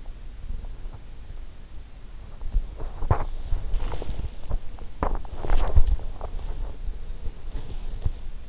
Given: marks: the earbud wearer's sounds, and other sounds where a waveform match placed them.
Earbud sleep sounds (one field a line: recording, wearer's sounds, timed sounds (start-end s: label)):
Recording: sounds in sleep by an in-ear microphone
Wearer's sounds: teeth grinding, body movement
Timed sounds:
2.65-4.73 s: teeth grinding
4.73-8.49 s: body movement